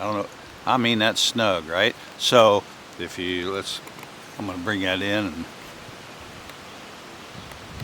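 A hunting knife is handled near its sheath while someone talks, with a steady hiss of background noise underneath. The knife has not yet gone into the sheath, and nothing has seated or clicked yet.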